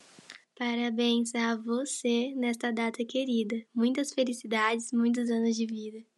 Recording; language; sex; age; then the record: short text; Brazilian Portuguese; female; 18 to 19 years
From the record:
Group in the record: control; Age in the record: 18 years